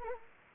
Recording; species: mosquito wingbeat signal from an infrared sensor; Anopheles arabiensis